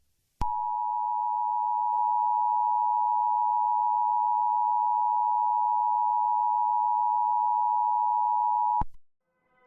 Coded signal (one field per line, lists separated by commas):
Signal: Emergency Alert System (SAME) tones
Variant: 853 and 960 Hz attention tone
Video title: (Essaie 1#) Vidéo EAS (Emergency Alerte Système) Draco